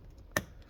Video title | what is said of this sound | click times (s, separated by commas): MSI GS76 Stealth Loud Fan Cleaning and Applying New Thermal Paste and Compound On CPU and GPU | hopefully we can hear a click | 0.4 s